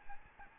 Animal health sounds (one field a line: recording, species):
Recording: mosquito wingbeat signal from an infrared sensor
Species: Aedes albopictus